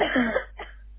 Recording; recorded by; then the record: voluntary cough; telephone call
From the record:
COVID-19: positive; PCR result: self-reported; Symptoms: yes